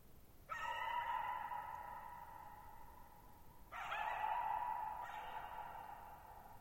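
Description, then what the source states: Coyote giving sustained, steady howls with abrupt starts, three in all, each holding its pitch and slowly fading, over soft background hiss. Lone coyote at night, July 14, 2019, near Thirtymile Meadows, Okanogan National Forest (Okanogan High Country, Pacific Northwest), 6400 ft (1950 m); high dry plateau, shallow bowl-shaped meadow; vocalized nearly 50 minutes.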